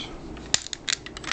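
A section of a plastic action figure is pressed into its mating tab on the figure body while the figure is being transformed. A sharp plastic snap sounds at 0.5 s, followed by several softer clicks and rattles of handling. The section locks into place.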